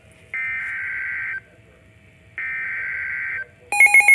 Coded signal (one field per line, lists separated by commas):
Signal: Emergency Alert System (SAME) tones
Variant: header bursts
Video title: EAS #1,658-1,660 (TRIPLE-HEADER) NOAA Weather Radio (WR-400/WR-300) SVR’s #7-9 8/18/24 5:47 PM